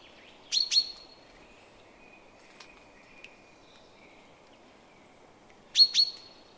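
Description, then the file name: Eurasian wren calls: two short, sharp pairs of high ticking notes, one near the start and one near the end, with quiet stretches between them. "Troglodytes troglodytes"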